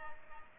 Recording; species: mosquito wingbeat signal from an infrared sensor; Aedes aegypti